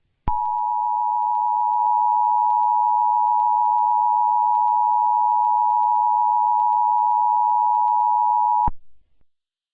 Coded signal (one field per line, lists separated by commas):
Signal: Emergency Alert System (SAME) tones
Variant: 853 and 960 Hz attention tone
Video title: From the GoldenboyEAS Archives: EAS Scenario - War of the Century In Mobius City (Part I)